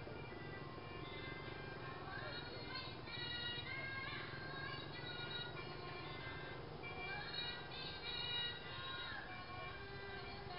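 Faint, distant mor lam music with a woman singing drifts over a steady low rumble of passing motorbikes, its melody wavering throughout.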